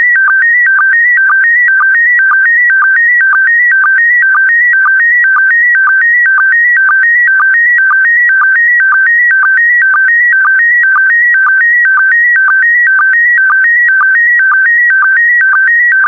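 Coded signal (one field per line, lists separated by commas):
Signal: SSTV (slow-scan television)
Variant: PD120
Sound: steady warbling tone alternating two pitches, with short low chirps about twice a second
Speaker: that concludes the daily transmission of slow scan tv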